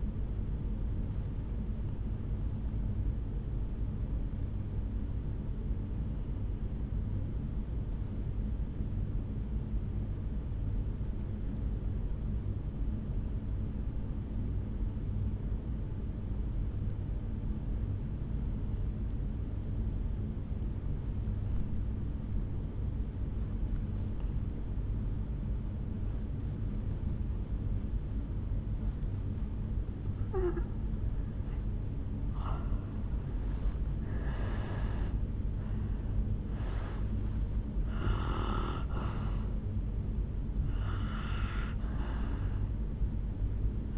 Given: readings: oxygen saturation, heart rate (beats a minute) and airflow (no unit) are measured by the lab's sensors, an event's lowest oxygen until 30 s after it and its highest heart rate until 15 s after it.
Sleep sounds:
breathing in sleep by a smartphone at the bedside; 1
4.00-26.30 s: obstructive apnea (N2, oxygen 97% highest, then 78% lowest, heart rate 57 at the start, 72 highest)
27.00-43.98 s: new sleep stage, N1 (lightest sleep)
From the record:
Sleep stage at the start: N2 (light sleep); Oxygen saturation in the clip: 82 to 97%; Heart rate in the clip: 53 to 72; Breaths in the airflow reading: 8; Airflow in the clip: -11.8 to 4.8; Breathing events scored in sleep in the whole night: 449 in 7.0 hours asleep

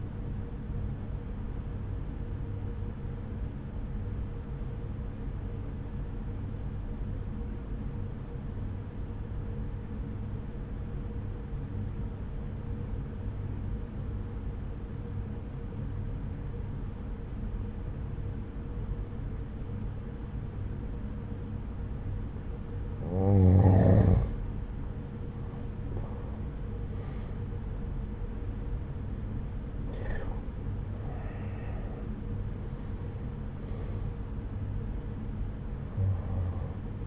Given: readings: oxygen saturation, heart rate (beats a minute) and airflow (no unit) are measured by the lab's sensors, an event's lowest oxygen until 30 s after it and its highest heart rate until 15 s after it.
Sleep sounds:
breathing in sleep by a smartphone at the bedside; 1
3.00-33.00 s: new sleep stage, N2 (light sleep)
6.00-24.50 s: obstructive apnea (N2, oxygen 96% highest, then 85% lowest, heart rate 64 at the start, 78 highest)
33.00-37.07 s: new sleep stage, N1 (lightest sleep)
From the record:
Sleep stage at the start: N1 (lightest sleep); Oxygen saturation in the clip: 84 to 96%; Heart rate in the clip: 62 to 78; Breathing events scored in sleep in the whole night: 303 in 8.1 hours asleep

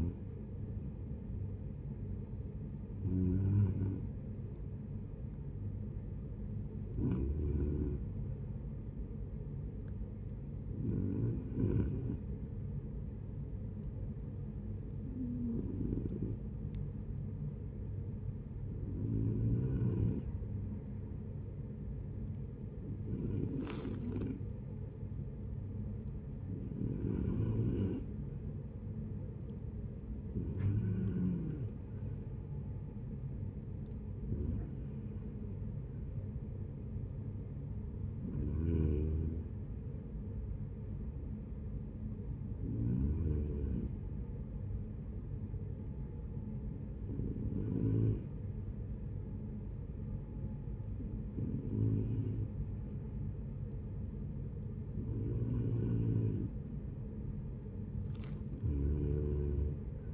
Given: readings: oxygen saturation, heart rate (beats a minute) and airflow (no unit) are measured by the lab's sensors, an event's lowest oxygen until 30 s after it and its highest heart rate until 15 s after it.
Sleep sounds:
breathing in sleep by a smartphone at the bedside; 1
15.00-27.70 s: hypopnea (N1, oxygen 92% highest, then 89% lowest, heart rate 71 at the start, 75 highest)
36.00-60.13 s: new sleep stage, N2 (light sleep)
From the record:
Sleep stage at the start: N1 (lightest sleep); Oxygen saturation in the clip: 89 to 93%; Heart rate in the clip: 69 to 75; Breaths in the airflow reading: 16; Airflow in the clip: -10.6 to 8.2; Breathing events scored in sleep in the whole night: 496 in 5.4 hours asleep

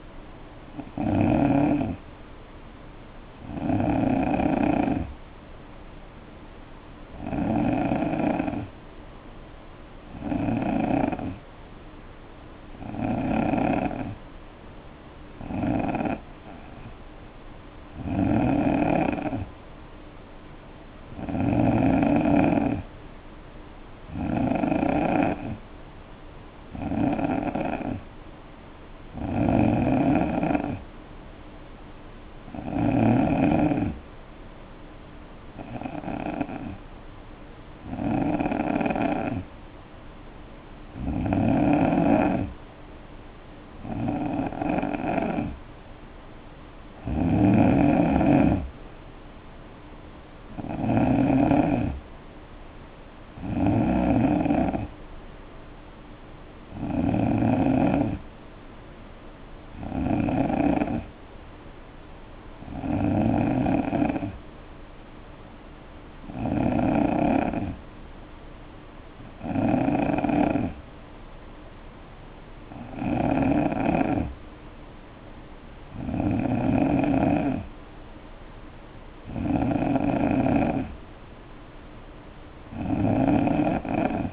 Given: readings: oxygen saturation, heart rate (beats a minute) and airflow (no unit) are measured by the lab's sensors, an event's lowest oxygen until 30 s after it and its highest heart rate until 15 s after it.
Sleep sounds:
breathing in sleep by a voice recorder at the bedside; 3
10.00-23.80 s: hypopnea (N3, oxygen 91% highest, then 87% lowest, heart rate 62 at the start, 71 highest)
26.00-84.33 s: new sleep stage, N2 (light sleep)
32.00-46.90 s: hypopnea (N2, oxygen 89% highest, then 87% lowest, heart rate 69 at the start, 71 highest)
62.00-77.80 s: hypopnea (N2, oxygen 92% highest, then 89% lowest, heart rate 63 at the start, 67 highest)
From the record:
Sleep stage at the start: N3 (deep sleep); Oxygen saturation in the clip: 87 to 92%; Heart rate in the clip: 60 to 71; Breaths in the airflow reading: 27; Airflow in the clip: -5.3 to 3.8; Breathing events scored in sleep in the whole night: 520 in 7.2 hours asleep

